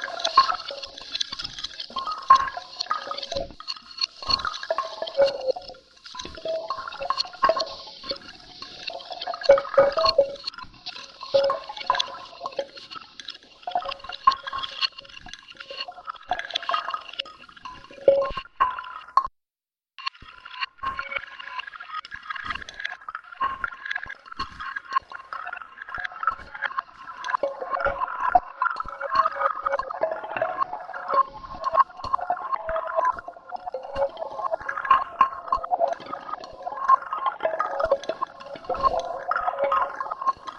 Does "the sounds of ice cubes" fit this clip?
yes